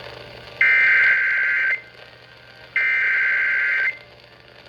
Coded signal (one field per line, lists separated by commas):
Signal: Emergency Alert System (SAME) tones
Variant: header bursts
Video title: CHS FFW Extension | EAS #147